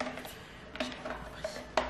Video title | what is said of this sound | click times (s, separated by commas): On relook mes toilettes pour 50€ - Shein | Ok, donc ça se clipse. | 1.8 s